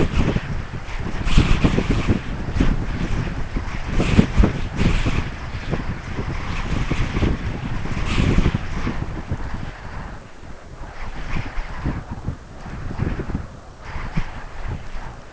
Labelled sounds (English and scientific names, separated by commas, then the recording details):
none
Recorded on Arctic tundra, site UTQI-5, on 12 June 2019
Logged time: 08:00